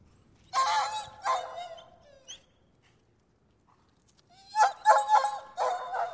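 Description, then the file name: Dog giving bursts of shrill, harmonic yelps. Two sharp cries come first, then a short silence, then a rapid run of several yelps in quick succession. Shepherd dog yelping. "Sound Ideas 2000 Series. Shepherd Yelp"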